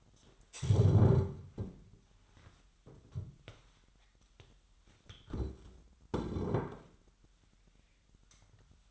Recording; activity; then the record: daily activity, microphone in the room; stand up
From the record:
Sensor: 3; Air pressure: 998.4 hPa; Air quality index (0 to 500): 129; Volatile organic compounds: 4 ppm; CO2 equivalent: 1537 ppm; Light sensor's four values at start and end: 9/21/9/9 and 15/33/15/18